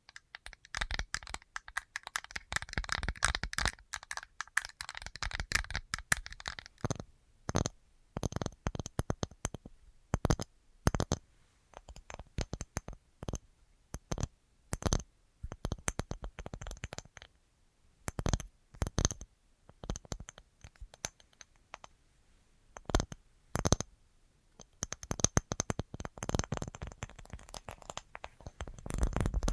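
Tapping sounds in an ASMR assortment: the first seven seconds are a dense, fast flurry of taps and scratchy clicks. After that the taps come in separated bursts and single sharp hits, some quick clusters, with quiet gaps between, and another denser patch near the end.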